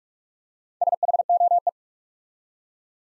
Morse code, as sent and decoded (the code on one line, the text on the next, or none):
... .... --- .
SHOE